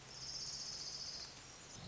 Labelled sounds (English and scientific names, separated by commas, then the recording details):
Orange-crowned Warbler (Leiothlypis celata)
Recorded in Sonoma County, California